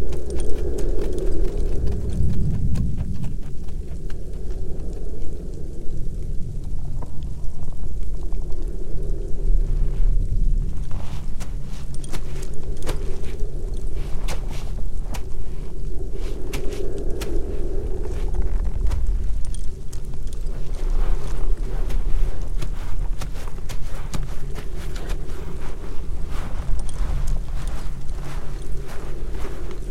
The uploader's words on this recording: Dark winter forest ambience. Deep in a dark winter forest surrounded by tall trees, the naked branches extend like creepy hands against the falling snowflakes.